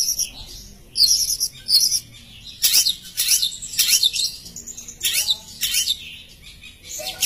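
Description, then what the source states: Long-tailed shrike song of loud, grating, high-pitched bursts and scratchy chatter, alternating with brief pauses and a short descending note. Masteran recording used to train songbirds, presenting various kinds of chirping bird song.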